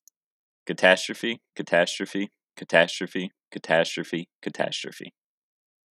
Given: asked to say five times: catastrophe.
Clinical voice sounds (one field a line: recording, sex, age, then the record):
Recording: repeated word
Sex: male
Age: 20 to 29 years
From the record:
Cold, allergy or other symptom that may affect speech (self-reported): no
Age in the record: 22 years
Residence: Indiana, United States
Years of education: 14